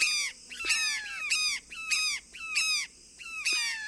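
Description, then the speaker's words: Brown jays calling loudly: repeated harsh down-slurred notes in quick succession, a few opening with a sharp pop. Flock of brown jays in the Mexican countryside; cooperative breeders, the whole flock tends one nest of four eggs from one female, and every bird brings food to the young. "Each bird in the flock will bring food to the young in the nest."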